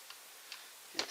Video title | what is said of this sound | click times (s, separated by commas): Jack Roe Tutorial: Verifone installation | place like so click | 1.0 s